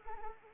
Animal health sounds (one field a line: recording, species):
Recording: mosquito wingbeat signal from an infrared sensor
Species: Anopheles arabiensis